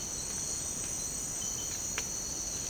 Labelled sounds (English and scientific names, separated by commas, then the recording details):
none
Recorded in secondary vegetation near Puerto Asís, Putumayo, Colombia, on 24 March 2025 at 07:30
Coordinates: 0.485, -76.322
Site G040